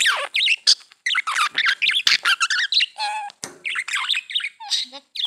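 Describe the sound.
Budgerigar chatter: rapid, warbling squeaks and chirps in short bursts, with buzzy rasping notes and brief pauses, continuing throughout.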